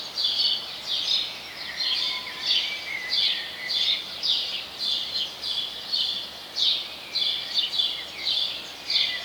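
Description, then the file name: House sparrow chirps in regular pulses, each a sharp bright note with a slight downward slur, roughly one and a half per second over light noise. "Passer domesticus"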